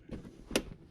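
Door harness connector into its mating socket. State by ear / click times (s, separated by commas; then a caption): seated / 0.6 s. A door wiring harness plug on a Jeep JL Wrangler or JT Gladiator, fitted during a proximity entry install, is lined up and pushed into its mating socket. After some soft fumbling noise, it gives a sharp snap at 0.6 s and is seated, after which the safety switch is refitted.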